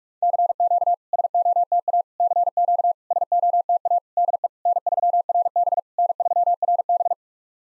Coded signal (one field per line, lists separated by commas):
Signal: Morse code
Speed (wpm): 46 wpm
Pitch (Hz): 700 Hz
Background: none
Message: CQ SOTA CQ SOTA DE N3RB N3RB